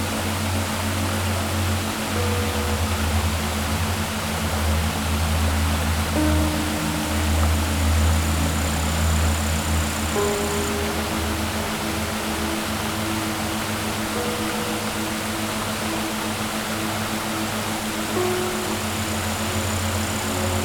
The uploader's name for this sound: Under The Waterfall